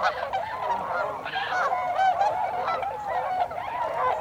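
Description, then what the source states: Tundra swans calling together, overlapping hoots and higher rising yelps from many birds. Several tundra swans recorded on 26 December 2020.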